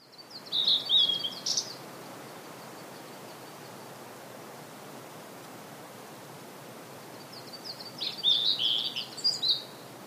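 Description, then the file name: Blue-and-white flycatcher song: a phrase of high whistles with a sharp note, silence for several seconds, then a second phrase of warbled, slurred whistles. "oruri"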